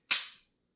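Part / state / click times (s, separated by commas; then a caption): pistol firing pin/slide release on the pistol frame / released / 0.1 s. While field stripping a pistol, the palm safety and trigger safety are both engaged and the trigger is squeezed to release the locked firing pin so the slide can come off the frame. A single sharp metallic click sounds at 0.1 s and rings out briefly in the high frequencies before fading by about 0.5 s. The firing pin is released.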